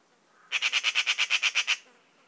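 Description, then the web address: Eurasian magpie rattle call: many grating notes delivered evenly and rapidly in a single burst, then quiet. "szarka hangja. szarka madar"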